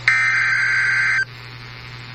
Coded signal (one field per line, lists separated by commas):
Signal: Emergency Alert System (SAME) tones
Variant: header bursts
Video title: Eas Fwd svr on KEC56 Eas#1801